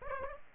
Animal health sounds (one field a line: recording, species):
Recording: mosquito wingbeat signal from an infrared sensor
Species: Aedes aegypti